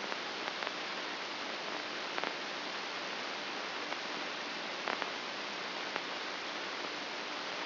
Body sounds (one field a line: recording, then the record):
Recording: brain microelectrode recording played as sound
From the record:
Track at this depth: inside the subthalamic nucleus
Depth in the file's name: 4.43 mm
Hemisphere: left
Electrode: 2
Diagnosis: Parkinson's disease